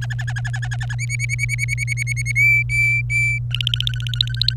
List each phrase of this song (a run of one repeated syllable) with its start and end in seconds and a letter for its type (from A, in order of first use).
0.01-0.95 A, 0.98-2.32 B, 2.35-3.38 C, 3.51-4.54 D